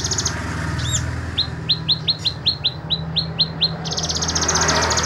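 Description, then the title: Small bird singing: a buzzy trill, then a rapid series of about ten short sharp descending chirps, ending in another dry buzzy trill; low hum underneath. "Burung Kecil"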